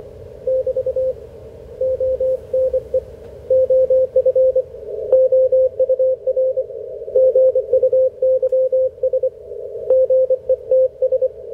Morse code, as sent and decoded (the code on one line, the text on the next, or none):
-...- / --- -. . / --- ..-. / --- ..- .-. / --. ..- -.-- ... / --. . - ...
<BT> ONE OF OUR GUYS GETS